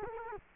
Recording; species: mosquito wingbeat signal from an infrared sensor; Culex quinquefasciatus